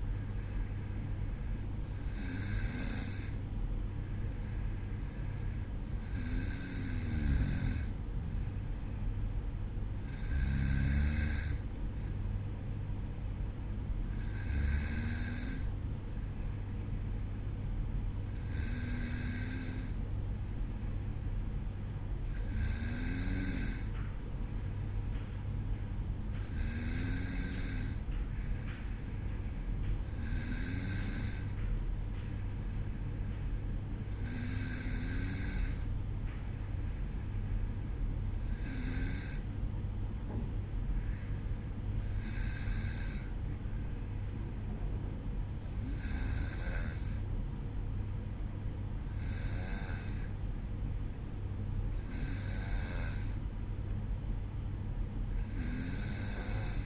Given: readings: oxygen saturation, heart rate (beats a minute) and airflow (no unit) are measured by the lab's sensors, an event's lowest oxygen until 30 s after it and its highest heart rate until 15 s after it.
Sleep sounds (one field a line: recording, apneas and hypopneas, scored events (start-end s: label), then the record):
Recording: breathing in sleep by a smartphone at the bedside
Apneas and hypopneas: none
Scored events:
none scored
From the record:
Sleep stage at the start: N2 (light sleep)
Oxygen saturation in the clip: 94 to 95%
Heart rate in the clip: 53 to 56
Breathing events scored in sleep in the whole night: 305 in 9.6 hours asleep